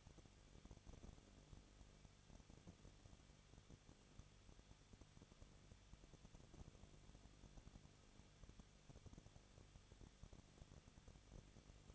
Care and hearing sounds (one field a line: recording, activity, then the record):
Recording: daily activity, microphone in the room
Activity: no activity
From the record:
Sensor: 4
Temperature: 23.0 degrees Celsius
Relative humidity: 34.4%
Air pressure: 1007.3 hPa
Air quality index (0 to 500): 216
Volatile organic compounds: 15 ppm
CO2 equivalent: 2515 ppm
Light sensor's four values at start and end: 2/3/1/1 and 2/3/1/1